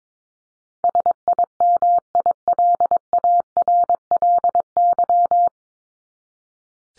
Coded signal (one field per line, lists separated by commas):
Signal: Morse code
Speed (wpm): 22 wpm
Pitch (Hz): 700 Hz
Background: none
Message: SIMILARLY